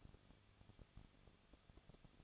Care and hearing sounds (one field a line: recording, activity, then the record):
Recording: daily activity, microphone in the room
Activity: no activity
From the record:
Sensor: 4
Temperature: 23.1 degrees Celsius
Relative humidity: 33.9%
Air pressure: 1007.2 hPa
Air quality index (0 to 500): 215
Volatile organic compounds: 15 ppm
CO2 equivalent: 2483 ppm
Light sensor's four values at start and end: 2/3/1/1 and 2/3/1/1